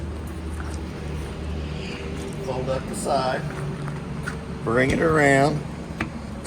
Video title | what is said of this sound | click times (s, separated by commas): Virtual Walkthrough 2026 Forest River Salem Platinum FSX 270RTKX Toy Hauler at Parkland RV Center | Slide it into the little groove. Lock it in place. | 6.0 s